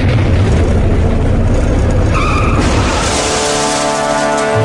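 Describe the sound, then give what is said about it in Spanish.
Loud, dense rumble of vehicle engines roaring and revving in a mock street battle of a long-distance bus, cars, motorcycles and a taxi, with booming impacts and a brief tonal whine midway, then steady engine drone with harmonic hum toward the end. “¡Nos ataca un micro de larga distancia a la izquierda! ¡Tírenle con un auto!”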